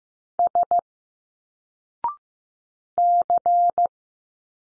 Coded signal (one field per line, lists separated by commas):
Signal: Morse code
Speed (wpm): 15 wpm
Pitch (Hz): 700 Hz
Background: none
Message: S C